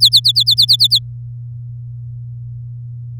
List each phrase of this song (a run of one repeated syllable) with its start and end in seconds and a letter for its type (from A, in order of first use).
0.00-0.99 A